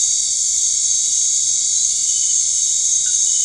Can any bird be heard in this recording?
no